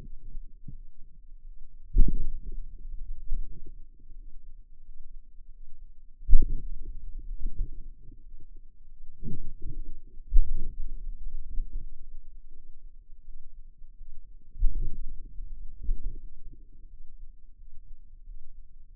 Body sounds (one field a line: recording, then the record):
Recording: forearm muscle sounds (acoustic myography)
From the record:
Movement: hand opening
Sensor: system 2, bracelet of six BSWA MPA416 microphones around the upper forearm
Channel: 4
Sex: female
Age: 23 years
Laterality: right